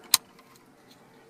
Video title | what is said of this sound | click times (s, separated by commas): 4" to 8" Factory SYNC 3 Upgrade Conversion - 2018+ Ford F150 & 2020+ Ford F250 / F350 / F450 | we need to reconnect these main connectors down here make sure the clips are facing down and push them until they click then | 0.1 s